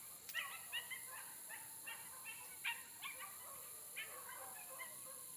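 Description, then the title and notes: Coyote yipping: short, high, broken yelps repeated in quick irregular bursts over a steady background hiss. Several coyotes recorded on the spring equinox. "coyotes on the Spring Exuinox"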